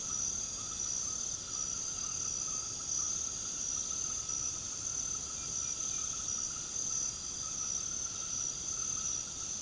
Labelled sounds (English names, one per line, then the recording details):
none
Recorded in pastures near Puerto Asís, Putumayo, Colombia, on 9 March 2025 at 21:30
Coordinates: 0.486, -76.323
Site G075